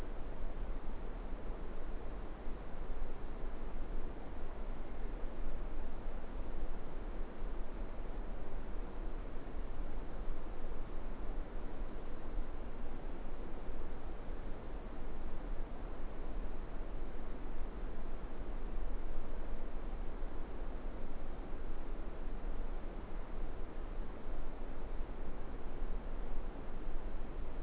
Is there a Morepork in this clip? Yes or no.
no